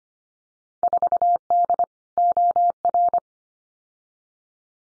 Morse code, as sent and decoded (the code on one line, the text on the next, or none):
....- -.. / --- .-.
4D OR